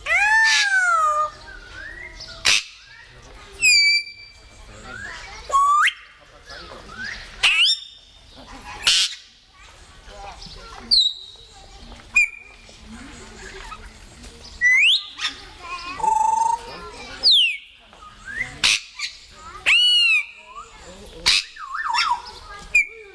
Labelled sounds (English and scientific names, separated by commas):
Grey Parrot (Psittacus erithacus) call